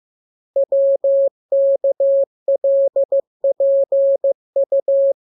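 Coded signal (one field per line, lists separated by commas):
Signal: Morse code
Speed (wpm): 15 wpm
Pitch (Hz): 550 Hz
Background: none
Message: WKLPU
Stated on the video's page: Morse lesson 16 drill of letters KMURESNAPTLWI.JZ=, radiograms preceded by VVV and section sign, ended with AR.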